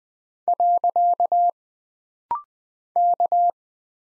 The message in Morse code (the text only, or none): . K